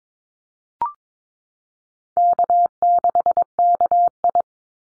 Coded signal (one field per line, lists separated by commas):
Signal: Morse code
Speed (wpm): 22 wpm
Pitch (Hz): 700 Hz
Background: none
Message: K6KI